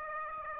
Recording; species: mosquito wingbeat signal from an infrared sensor; Aedes aegypti